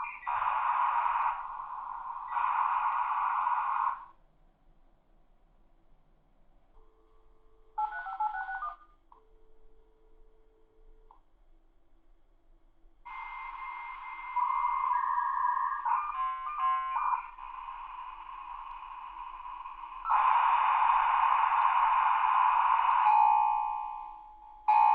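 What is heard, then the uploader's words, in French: A dial-up modem connecting: bursts of hissing carrier noise in the midrange open the clip, then a gap with short tones and a brief dialing chirp near eight seconds. From about thirteen seconds, steady whining handshake tones layer and shift, ending in a dense, harsh screech that cuts off. Sons du modem commuté, de 300 bps à 56K. Le son d'une connexion à distance à certaines des vitesses les plus courantes, notamment 300, 1200, 2400, 9600, 14 400, 33 600 et 56K.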